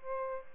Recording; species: mosquito wingbeat signal from an infrared sensor; Aedes albopictus